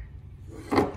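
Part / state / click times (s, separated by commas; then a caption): coolant hose quick-connect fitting onto the transmission cooler line / not seated / none. The smaller coolant hose quick-connector is handled toward its fitting on the transmission cooler line during a transmission install on a 2009 Audi A3 2.0T FWD. A low rumble is heard with faint handling noise, then a short, louder broadband scrape around 0.7–0.8 s. Nothing has seated or clicked yet.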